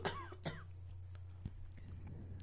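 Two short, dry coughs from an adult woman in quick succession, over a steady low background hum.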